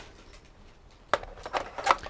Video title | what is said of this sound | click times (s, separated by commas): MOD GUIDE: HIRricane Zeus (Full-Auto 90-Ball Capacity) | the existing little tabs back here so it locks into place | 1.1 s